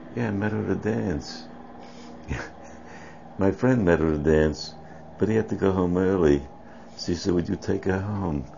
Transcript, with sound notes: Yeah, I met her at a dance. Yeah (laughs) my friend met her at a dance. But he had to go home early, so he said, "Would you take her home?"